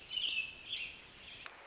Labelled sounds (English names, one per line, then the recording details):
Pacific Wren
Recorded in Sonoma County, California